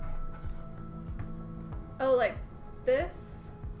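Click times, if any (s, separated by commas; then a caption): none. A small component is lined up by its round notch next to the screw hole of a motherboard slot in a PC. Someone talks briefly over quiet handling noise and background music. Nothing has seated or clicked into place yet.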